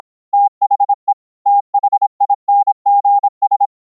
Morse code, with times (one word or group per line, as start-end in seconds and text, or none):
0.3-1.1 THE
1.5-3.7 THINGS